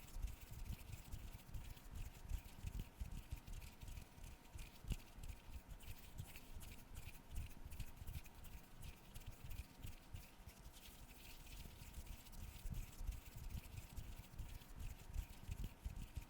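Camera cleaning for ASMR: a continuous run of quick, scratchy brushing and wiping strokes that come in dense, irregular bursts for the full length. Soft low thumps sit underneath, and a faint steady hum runs beneath everything.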